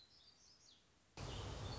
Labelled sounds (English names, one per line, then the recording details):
Black-throated Gray Warbler
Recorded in Sonoma County, California